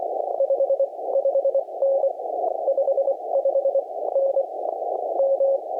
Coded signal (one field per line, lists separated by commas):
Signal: Morse code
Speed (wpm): 20 wpm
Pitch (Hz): 550 Hz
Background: none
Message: 55N 55N M